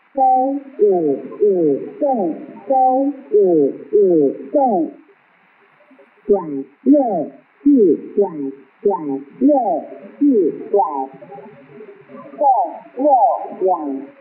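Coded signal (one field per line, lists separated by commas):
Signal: numbers station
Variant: V13, Chinese military reading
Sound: a voice reading short evenly spaced syllables, like numbers, with a brief pause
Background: faint radio hiss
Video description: Star Broadcasting Station is a Taiwan clandestine shortwave number station which send instructions to agencies/spies working in P. R. C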